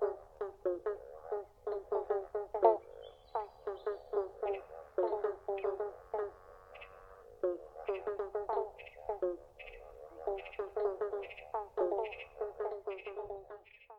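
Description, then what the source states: Pobblebonk frogs in chorus, steady overlapping plunking notes repeating irregularly without a break. Several frogs calling together in a chorus.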